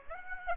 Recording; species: mosquito wingbeat signal from an infrared sensor; Aedes aegypti